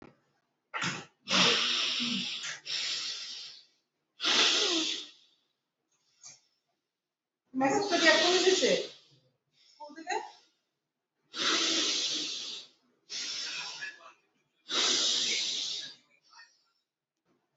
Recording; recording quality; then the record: deep breathing; excellent, no background noise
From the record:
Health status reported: healthy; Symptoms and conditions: none ticked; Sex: male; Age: 45 years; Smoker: not ticked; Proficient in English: yes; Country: India